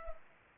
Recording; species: mosquito wingbeat signal from an infrared sensor; Anopheles arabiensis